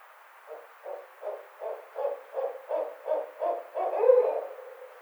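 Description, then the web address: Barred owl delivering a rapid series of about ten short, low hoots, roughly three per second, with the final note louder and longer. Recorded on 29 May 2009. "Barred Owl 2009 05 29"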